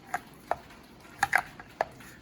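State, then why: Seated. A Morakniv Companion fixed-blade knife is pushed into its molded plastic sheath to check retention, with several short, sharp plastic ticks around 0.1, 0.5, 1.2 and 1.4 seconds. A crisp click at 1.8 s marks the knife seating securely in the sheath.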